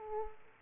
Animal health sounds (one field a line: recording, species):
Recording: mosquito wingbeat signal from an infrared sensor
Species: Aedes aegypti